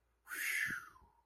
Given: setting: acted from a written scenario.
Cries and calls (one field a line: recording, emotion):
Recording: vocal sound without words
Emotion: relief